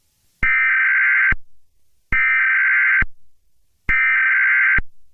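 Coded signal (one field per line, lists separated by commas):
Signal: Emergency Alert System (SAME) tones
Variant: header bursts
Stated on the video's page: Fictional EAS scenario, not a real alert.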